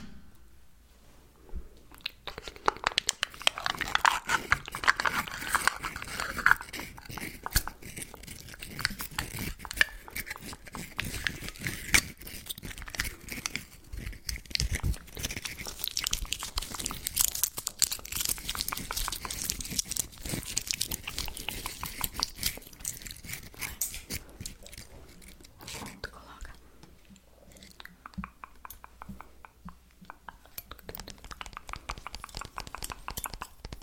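Someone eats candy and chocolate with constant mouth sounds: dense, rapid crunching and chewing clicks that go on almost without pause. Crisp bites and wet smacks pile up, busiest through the middle, then thin to softer, sparser chewing near the end.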